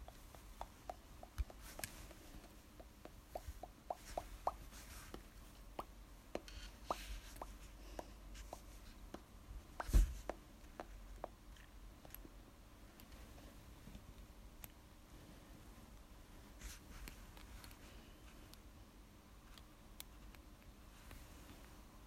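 ASMR tapping: quick, even taps in a fast run through the first five seconds, then slower and more scattered. One sharper, louder knock lands around the ten-second mark. A low, steady hum sits underneath throughout.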